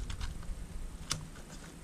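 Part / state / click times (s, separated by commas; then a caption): plastic battery cover into an RC battery compartment / not seated / none. A plastic battery compartment cover is handled and pushed back onto an RC buggy's battery compartment (Haiboxing Protector, 1/12th scale 4WD) after the batteries are loaded. Light tapping and handling sounds are heard, with a sharp tick at about 1.1 s. Nothing has seated or snapped into place yet.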